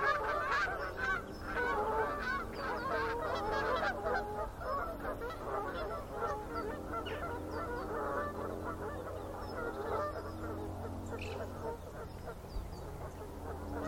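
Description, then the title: Goose: geese honking in a dense, overlapping flock chorus, many birds calling at once with rapid, irregular nasal honks throughout, a low rumble underneath. Flocks of geese in fields by the River Thame, England, UK, morning of 23 September 2023, excited by floodwater spread across the meadows. "Gaggles of geese, River Thame, England, UK. by Paul Ridout"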